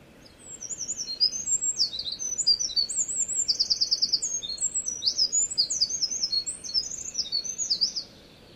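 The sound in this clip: Wren pouring out a vigorous, very high song of quick chattering notes and a fast rattling trill near the middle, ending abruptly after about eight seconds.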